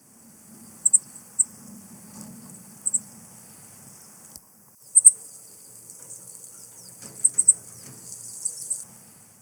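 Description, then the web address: Golden-crowned tanager calls: thin, very high, sharp notes given singly or in quick pairs at irregular intervals, over a faint low hum. Ecuador. "Birds of Ecuador. Golden-Crowned Tanager"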